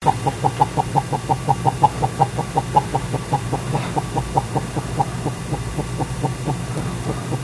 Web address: poorwill cluck